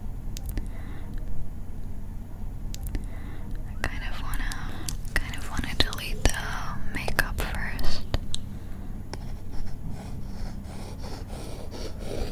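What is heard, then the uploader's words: Soft brushing and combing sounds with quick strokes and small clicks scattered throughout, busiest between about four and eight seconds. Faint whispery textures come and go over a low, steady hum. Brushing, iPad makeup, eyelash combing.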